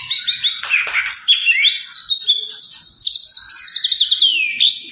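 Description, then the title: White-rumped shama singing varied clear whistles that lead into a fast, high, rattling trill that slowly falls, then a short rising note. Lure recording of a constantly singing (gacor) white-rumped shama, played to make the bird respond at once. "PANCINGAN MURAI BATU GACOR"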